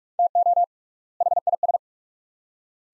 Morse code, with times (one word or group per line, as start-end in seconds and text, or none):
0.2-0.6 TO
1.2-1.8 HIS